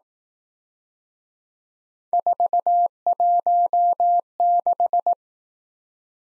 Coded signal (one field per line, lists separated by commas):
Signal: Morse code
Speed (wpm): 18 wpm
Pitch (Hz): 700 Hz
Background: none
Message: 416